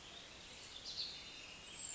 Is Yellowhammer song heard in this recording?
no